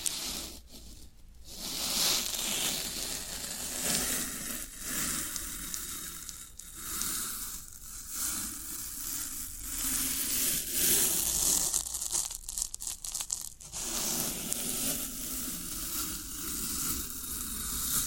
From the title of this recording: Satisfying Tingle Stimulating Floral Foam Sounds